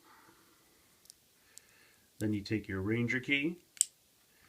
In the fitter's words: You can put this missile in its mouth until you hear the click.